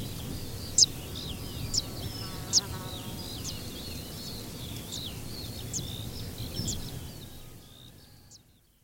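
Fan-tailed warbler calls: three sharp, high, ticking 'zit' notes about a second apart, then fainter repeats fading out over a soft hiss of background noise.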